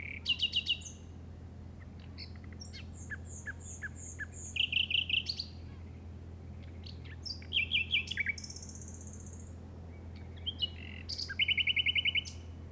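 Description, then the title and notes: Common nightingale song: short bursts of rapid repeated chirps and buzzy trills, broken by pauses, with a steady low hum beneath. Recorded in the Llobregat Delta at 06:00 on 8 May 2015 with a Zoom recorder. "Grabación de ruiseñor común (Luscinia megarhynchos) en el Delta del Llobregat a las 06:00 del 08/05/2015."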